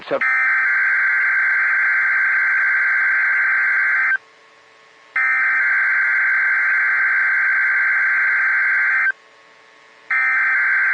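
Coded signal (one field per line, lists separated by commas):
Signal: Emergency Alert System (SAME) tones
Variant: header bursts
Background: speech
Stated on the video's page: Required Weekly Test from a NOAA Weather Radio transmitter.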